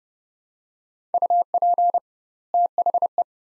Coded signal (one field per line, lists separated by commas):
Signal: Morse code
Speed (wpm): 31 wpm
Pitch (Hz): 700 Hz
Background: none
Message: UP THE